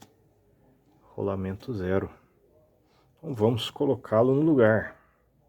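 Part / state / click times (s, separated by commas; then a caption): belt tensioner onto engine mounting bracket / not seated / none. A new belt tensioner is being handled and positioned onto its engine mounting bracket on a truck's diesel engine, where its locating pin will engage a hole to lock it in place. Someone talks over quiet background noise. Nothing has seated or clicked yet.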